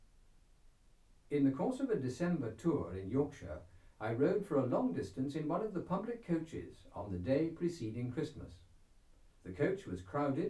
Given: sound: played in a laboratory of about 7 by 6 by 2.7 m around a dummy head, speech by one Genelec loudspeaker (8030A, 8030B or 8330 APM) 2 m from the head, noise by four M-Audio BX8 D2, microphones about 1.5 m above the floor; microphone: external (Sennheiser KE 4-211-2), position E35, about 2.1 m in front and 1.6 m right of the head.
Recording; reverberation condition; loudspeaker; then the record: male speech in English; low; 120 degrees to the right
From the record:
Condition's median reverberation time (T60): about 310 ms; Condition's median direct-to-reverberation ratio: about 3.5 dB